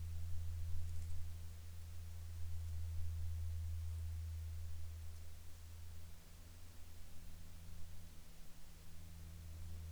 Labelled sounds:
aircraft
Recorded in Ivvavik National Park, Yukon, on 8 July 2019 at 10:03
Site SINP03

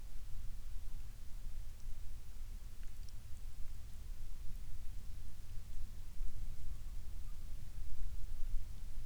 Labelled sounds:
rain
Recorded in the Prudhoe Bay oil fields, Alaska, on 12 May 2019 at 19:42
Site 21

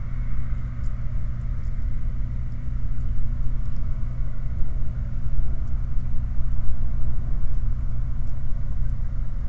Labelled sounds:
machinery
flare stack
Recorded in the Prudhoe Bay oil fields, Alaska, on 4 August 2019 at 21:10
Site 29

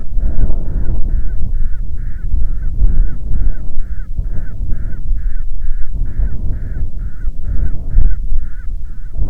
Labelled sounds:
bird
wind
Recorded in the Prudhoe Bay oil fields, Alaska, on 6 June 2019 at 03:35
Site 16

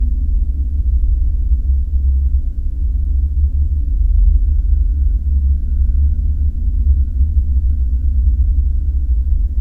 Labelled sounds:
man-made sound
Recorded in the Prudhoe Bay oil fields, Alaska, on 5 September 2019 at 01:10
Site 14

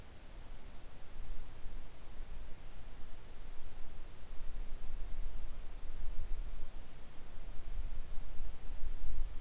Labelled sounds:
near silence
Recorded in the Arctic National Wildlife Refuge, Alaska, on 3 August 2019 at 10:43
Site 41

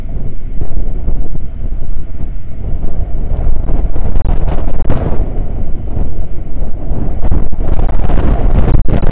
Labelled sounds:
wind
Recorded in the Prudhoe Bay oil fields, Alaska, on 9 August 2019 at 00:03
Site 29

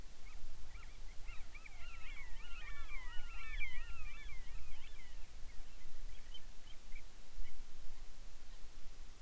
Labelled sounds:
bird
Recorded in the Arctic National Wildlife Refuge, Alaska, on 10 July 2019 at 18:50
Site 44

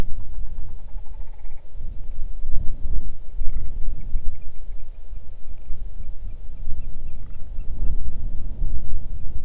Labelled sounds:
grouse or ptarmigan
wind
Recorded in the Arctic National Wildlife Refuge, Alaska, on 8 June 2019 at 00:06
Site 40

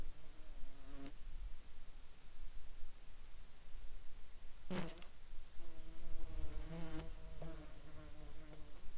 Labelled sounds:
insects
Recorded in Ivvavik National Park, Yukon, on 8 July 2019 at 10:45
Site SINP03

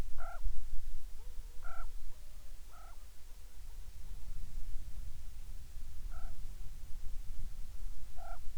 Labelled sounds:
corvid
insects
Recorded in the Prudhoe Bay oil fields, Alaska, on 10 July 2019 at 13:56
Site 14

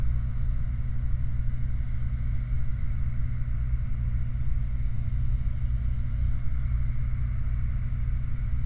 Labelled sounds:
machinery
flare stack
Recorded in the Prudhoe Bay oil fields, Alaska, on 28 July 2019 at 23:56
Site 29

